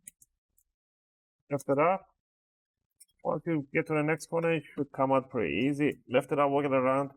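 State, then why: Released. The plastic bottom cover of an Acer Spin 3 SP314-21 laptop is pried toward the back corner, and its clips pop loose from the chassis with short clicks at 0.1 and 0.2 s. The clicking is normal and means the clips are releasing without breaking. After a pause, someone talks.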